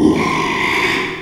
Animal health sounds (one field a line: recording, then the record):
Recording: squeal of a Yucatan mini pig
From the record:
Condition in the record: after surgery on the right vocal fold (resection and tissue-engineered implant)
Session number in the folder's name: 1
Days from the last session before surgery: 6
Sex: male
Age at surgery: 12 weeks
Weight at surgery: 13 kg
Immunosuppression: cyclosporine, prednisolone